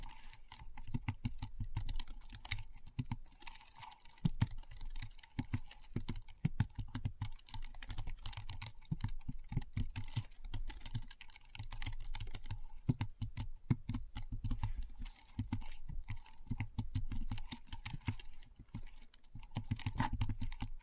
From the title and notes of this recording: ASMR Keyboard Sounds (No Talking).